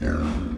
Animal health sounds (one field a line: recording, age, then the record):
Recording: pig call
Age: growing-finishing pig (85 days or more)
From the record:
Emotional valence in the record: negative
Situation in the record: barren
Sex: female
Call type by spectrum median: low-frequency call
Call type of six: low-frequency modulated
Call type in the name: low-frequency modulated, not sure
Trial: 3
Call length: 0.57 s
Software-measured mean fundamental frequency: 69 Hz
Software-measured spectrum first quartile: 110 Hz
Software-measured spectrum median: 246 Hz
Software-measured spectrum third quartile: 610 Hz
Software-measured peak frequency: 232 Hz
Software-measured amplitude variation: 147 dB a second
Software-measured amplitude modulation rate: 27.9 a second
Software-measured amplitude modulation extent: 5.3 dB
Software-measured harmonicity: -0.4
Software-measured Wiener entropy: -0.94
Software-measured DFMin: 1035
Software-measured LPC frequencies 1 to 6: 290, 1383, 2484, 3433, 4565, 5792 Hz